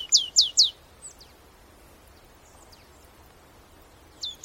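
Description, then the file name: Marsh tit giving three quick, high, downward-sweeping notes, a few faint notes, then one more sharp note at the end. "Poecile palustris"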